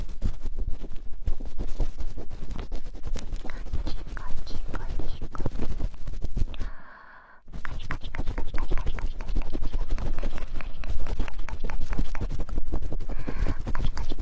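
Super fast ear poking: dense, rapid scratchy taps that barely let up, with one brief quiet break around the middle.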